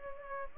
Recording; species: mosquito wingbeat signal from an infrared sensor; Culex pipiens